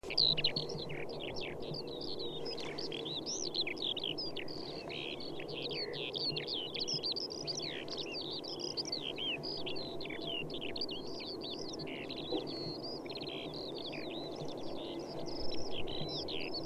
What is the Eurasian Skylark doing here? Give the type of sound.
flight song